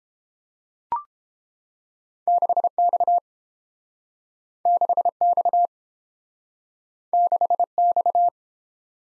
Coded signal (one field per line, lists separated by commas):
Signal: Morse code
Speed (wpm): 30 wpm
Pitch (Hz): 700 Hz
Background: none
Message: 6X 6X 6X